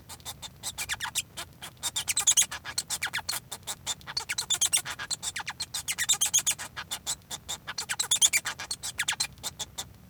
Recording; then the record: song of a male Bengalese finch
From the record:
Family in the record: son of father 1